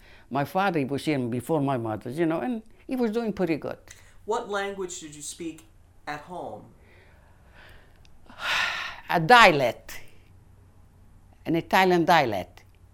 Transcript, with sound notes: My father, he was even before my mother, you know, and he was doing pretty good.
What language did you speak at home?
( she sighs ) A dialect, an Italian dialect,